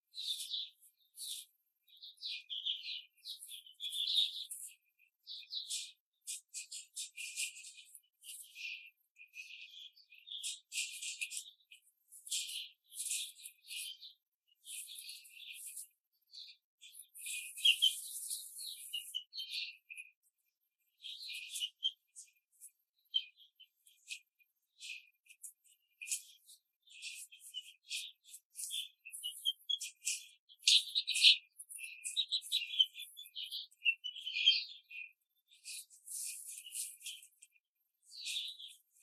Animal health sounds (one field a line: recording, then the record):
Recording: young laying hens in a cage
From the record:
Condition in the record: control cage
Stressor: none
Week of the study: 5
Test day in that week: 1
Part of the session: 1